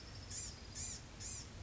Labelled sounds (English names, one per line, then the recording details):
Blue-gray Gnatcatcher
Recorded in Sonoma County, California